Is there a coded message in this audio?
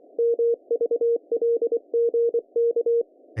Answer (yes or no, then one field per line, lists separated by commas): yes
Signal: Morse code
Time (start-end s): 0.2-3.0 s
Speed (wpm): 24 wpm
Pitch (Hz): 470 Hz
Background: none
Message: MVLGK